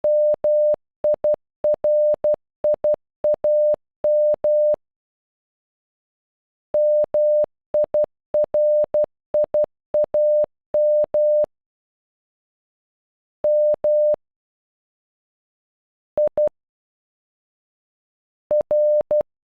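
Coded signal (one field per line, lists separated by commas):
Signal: Morse code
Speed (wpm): 12 wpm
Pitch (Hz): 600 Hz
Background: none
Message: MIRIAM MIRIAM MIR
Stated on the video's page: Morse for a name, played at normal and half speed, generated with an online translator tool.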